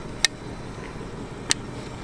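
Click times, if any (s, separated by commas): 0.2 s, 1.5 s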